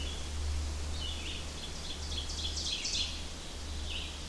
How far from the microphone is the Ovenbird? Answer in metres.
about 35 m